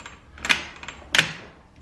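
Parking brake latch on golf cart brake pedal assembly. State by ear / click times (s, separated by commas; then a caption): seated / 0.5 s, 1.2 s. The brake pedal on a Club Car Precedent golf cart is pressed, and the loose parking brake latch on the brake pedal assembly catches and locks with metallic clicks at 0.5 s and 1.2 s, even though the top brake button is not pressed. The latch locks down unintentionally.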